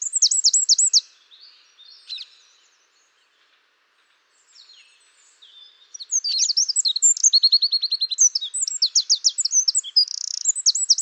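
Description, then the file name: Eurasian wren song: a brief high phrase, soft scattered notes, a pause, then a long energetic run of rapid trills and chattering notes. "Troglodytes troglodytes"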